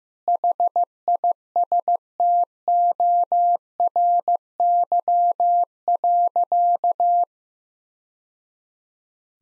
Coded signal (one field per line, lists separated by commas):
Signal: Morse code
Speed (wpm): 15 wpm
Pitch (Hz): 700 Hz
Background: none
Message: HISTORY.